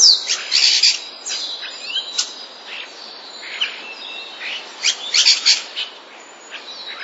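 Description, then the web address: Common starling song of loud chirping bursts and dry clicks, clustered at the start and again near the end, with quieter chatter in between. Starling song containing mimicry borrowed from sparrows. "wroblowe zapozyczenia szpaki"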